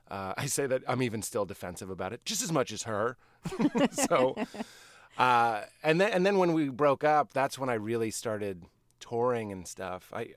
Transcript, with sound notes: I say that - I'm even still defensive about it - just as much as her.
(LAUGHTER)
So - and then when we broke up, that's when I really started touring and stuff.